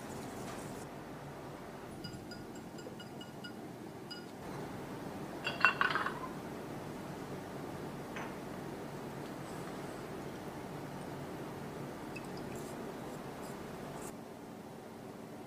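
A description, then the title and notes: Bartender sounds: soft tapping and faint glassy clinks over a low steady murmur, with a brighter clatter near six seconds. Bartender Sounds.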